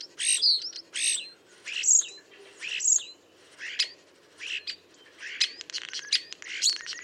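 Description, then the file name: Common starling repeating rough, squeaky notes with high whistles, then shifting to rapid clicks and rattles toward the end. "Storno"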